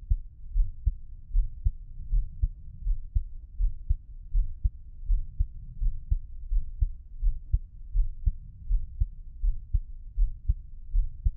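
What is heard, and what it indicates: Soft, steady low thumps of a heartbeat, about 81 beats a minute, picked up close with a black 3Dio binaural microphone for ASMR, with no talking.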